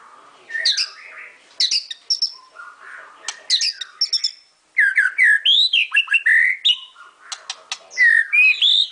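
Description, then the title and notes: White-rumped shama delivering short bursts of sharp, descending whistles and clicks, then a longer run of looping, fluty notes after a brief silence. Masteran (training) song used for teaching. "Murai Batu Album 01. Masteran Murai Batu"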